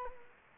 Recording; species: mosquito wingbeat signal from an infrared sensor; Culex quinquefasciatus